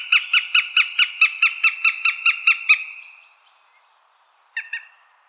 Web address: Eurasian goshawk. صدای-پرنده-طرلان-اوراسیایی